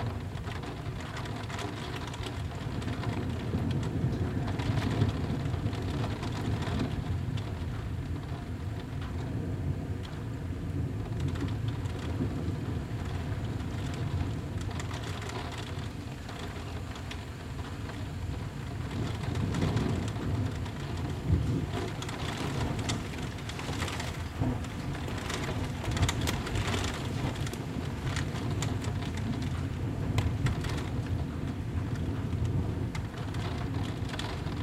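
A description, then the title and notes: Rain patters steadily on a skylight, a dense, even hiss of drops with occasional sharper taps. Low thunder rumbles underneath throughout, swelling around the middle and again near the end, while a wind-like roar fills the background. I pointed the recorder at a skylight in our attic and let it run for a little bit. Recorder: Zoom H6 Mic: XYH-6 X/Y Capsule 120 Degrees Gain Setting: 5 Processing: Normalized gain.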